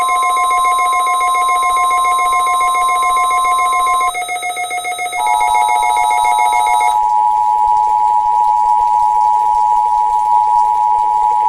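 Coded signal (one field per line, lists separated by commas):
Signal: Emergency Alert System (SAME) tones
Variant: 853 and 960 Hz attention tone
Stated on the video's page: Washington State EOC Required Monthly Test EAS, heard on AM and FM broadcast stations and on NOAA weather radio at 162.550 and 162.425.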